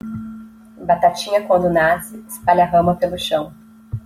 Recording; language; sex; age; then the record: short text; Brazilian Portuguese; female; 30 to 39 years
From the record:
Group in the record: control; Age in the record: 35 years